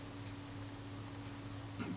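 A leaf shutter blade is being fitted into the shutter of a Kodak Retina I type 119, but the blade underneath is not seated correctly, so the top blade is too springy and gets lifted off again. A steady low hum and faint hiss run throughout, with a brief soft tick or rustle near 1.8 seconds. Nothing has seated or clicked yet.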